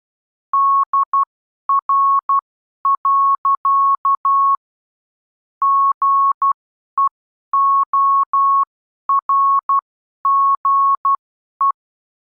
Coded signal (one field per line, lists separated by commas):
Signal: Morse code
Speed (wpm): 12 wpm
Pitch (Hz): 1100 Hz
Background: none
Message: DR. GEORGE